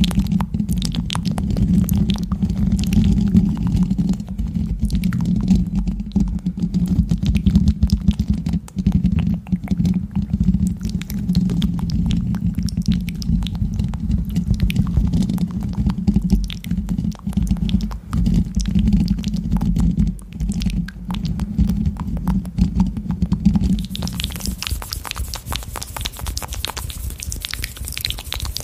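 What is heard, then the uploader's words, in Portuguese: Wet mouth sounds with small clicks and smacks. A steady low hum runs underneath for most of the clip while quick wet pops come in dense, irregular bursts. Near the end the low tone stops and the clicks turn brighter and crisper. Um ASMR focando em sons de boca molhados e estalinhos para promover relaxamento intenso e arrepios.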